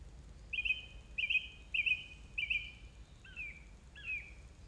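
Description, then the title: Song thrush song: a bright, slightly buzzy whistled phrase given four times in a row, then two falling notes. Recorded 4 May 2021 at 20:35. "2021-05-04 20-35-13-Song-Thursh-4 th-May-2021"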